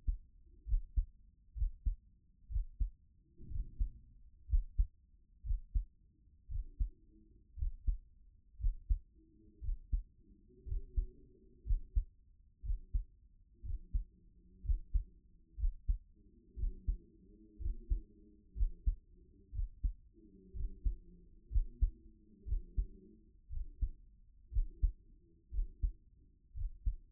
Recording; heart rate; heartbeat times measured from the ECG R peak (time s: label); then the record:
heart sounds by stethoscope; 60 bpm
0.64 s: heartbeat
1.53 s: heartbeat
2.47 s: heartbeat
3.47 s: heartbeat
4.45 s: heartbeat
5.41 s: heartbeat
6.47 s: heartbeat
7.54 s: heartbeat
8.56 s: heartbeat
9.59 s: heartbeat
10.63 s: heartbeat
11.63 s: heartbeat
12.61 s: heartbeat
13.61 s: heartbeat
14.61 s: heartbeat
15.55 s: heartbeat
16.54 s: heartbeat
17.57 s: heartbeat
18.53 s: heartbeat
19.50 s: heartbeat
20.52 s: heartbeat
21.48 s: heartbeat
22.44 s: heartbeat
23.48 s: heartbeat
24.49 s: heartbeat
25.49 s: heartbeat
26.52 s: heartbeat
From the record:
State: at rest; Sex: male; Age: 28 years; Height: 182 cm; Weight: 70 kg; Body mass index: 21.13